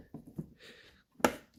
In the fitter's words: lock it into place because if it's unlocked this is going to move and it's not gonna function properties make sure you lock it and snap into place